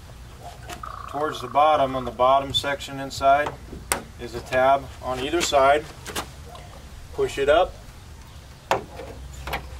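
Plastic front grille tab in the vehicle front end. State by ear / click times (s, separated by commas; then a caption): released / 8.7 s. Someone talks while pushing up on a plastic retaining tab at the bottom inside of a Land Rover LR3 front grille, during a front bumper install, to free the grille from the vehicle. A sharp click at 8.7 s marks the tab coming loose, and the grille is released.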